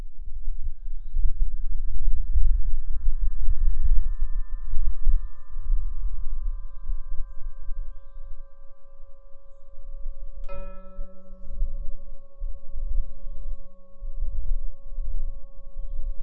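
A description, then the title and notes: Wind rumbles low as the guzheng's strings hum steady ringing tones, then near eleven seconds a fresh struck tone blooms and lingers. I recorded it outdoors. The wind was blowing. The whistling in the beginning is from wind sweeping through the 21 strings of my guzheng, without me touching it. Near where I live on the west Nashville hills.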